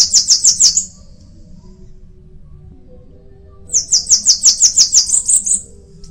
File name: canto da cambacica